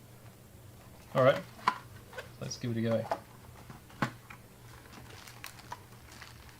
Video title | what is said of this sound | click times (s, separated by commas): TECNOMODEL FERRARI 308 GTB TURBO - UGEARS WOOD PUZZLES - KATO - RC BODIES - Live #44 | yep satisfying click there you go there you go all right | 4.0 s